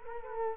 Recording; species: mosquito wingbeat signal from an infrared sensor; Culex quinquefasciatus